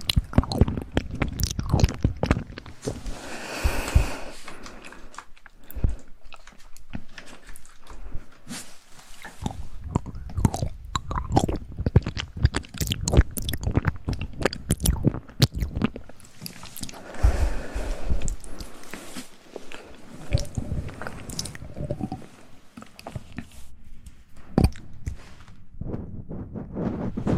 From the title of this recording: ASMR Tingly Mouth Sound Triggers